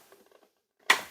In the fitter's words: there you go I heard the click